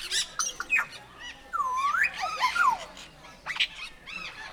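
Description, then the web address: Grey parrot giving a long swooping whistle that dips and rises, wavering whistled notes, and scattered harsh squawks around them. Captive, in a zoo in Nyíregyháza, 2019, calm surroundings. "jako papagaj nyugiskornyezet nyiregyhaza"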